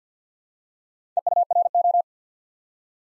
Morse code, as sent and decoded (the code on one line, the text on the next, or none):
. ..- .-. ---
EURO